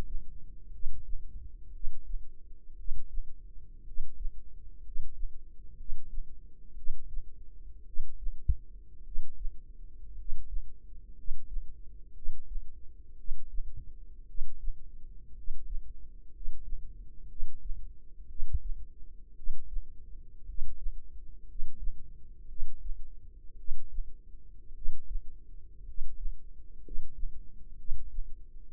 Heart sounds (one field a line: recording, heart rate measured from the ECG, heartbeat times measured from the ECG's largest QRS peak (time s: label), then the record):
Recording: heart sounds by microphone in the left ear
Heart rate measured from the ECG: 58 bpm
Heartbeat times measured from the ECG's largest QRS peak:
0.70 s: heartbeat
1.71 s: heartbeat
2.75 s: heartbeat
3.83 s: heartbeat
4.81 s: heartbeat
5.75 s: heartbeat
6.74 s: heartbeat
7.84 s: heartbeat
9.02 s: heartbeat
10.14 s: heartbeat
11.14 s: heartbeat
12.12 s: heartbeat
13.15 s: heartbeat
14.25 s: heartbeat
15.33 s: heartbeat
16.30 s: heartbeat
17.26 s: heartbeat
18.26 s: heartbeat
19.33 s: heartbeat
20.44 s: heartbeat
21.45 s: heartbeat
22.46 s: heartbeat
23.55 s: heartbeat
24.72 s: heartbeat
25.83 s: heartbeat
26.81 s: heartbeat
27.75 s: heartbeat
28.70 s: heartbeat
From the record:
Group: healthy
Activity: rest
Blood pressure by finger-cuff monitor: 106/54 mmHg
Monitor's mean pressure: 67 mmHg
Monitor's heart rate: 58 bpm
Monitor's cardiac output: 5.1 L/min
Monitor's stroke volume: 89 mL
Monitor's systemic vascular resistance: 940 dyn s/cm5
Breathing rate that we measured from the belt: 11 breaths a minute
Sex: male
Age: 25 years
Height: 170 cm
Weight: 70.4 kg